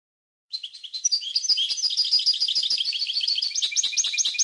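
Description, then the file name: European goldfinch singing a rapid, continuous jumble of high liquid twitters and chirps that swells in volume after a quiet start; only the bird is heard. "audio burung goldfinch"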